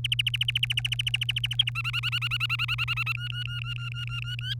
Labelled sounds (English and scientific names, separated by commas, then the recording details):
Domestic Canary (Serinus canaria) song
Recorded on 3 May 2018 at 14:13
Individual llb3